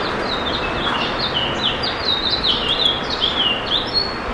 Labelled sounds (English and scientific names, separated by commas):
House Finch (Haemorhous mexicanus) song